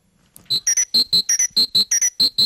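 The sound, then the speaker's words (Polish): A short radio segment jingle on Polish Radio Trójka (Program Trzeci): a quick run of about a dozen bright, high electronic tones, evenly spaced in a bouncy rhythm, loud and with no talking. It announces a story segment by Andrzej Kruszewicz on bird camouflage. “A ten sygnał zapowiada opowieść Andrzeja Kruszewicza, doktora skądinąd.”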